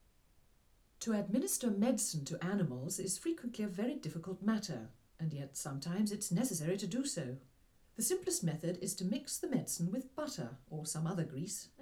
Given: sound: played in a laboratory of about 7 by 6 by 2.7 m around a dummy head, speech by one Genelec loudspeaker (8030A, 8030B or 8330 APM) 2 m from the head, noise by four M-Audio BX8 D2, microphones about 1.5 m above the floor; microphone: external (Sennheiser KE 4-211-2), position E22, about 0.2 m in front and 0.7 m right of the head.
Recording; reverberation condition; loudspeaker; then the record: female speech in English; low; 30 degrees to the right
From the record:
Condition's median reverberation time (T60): about 310 ms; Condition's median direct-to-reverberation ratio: about 3.5 dB